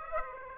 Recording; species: mosquito wingbeat signal from an infrared sensor; Aedes aegypti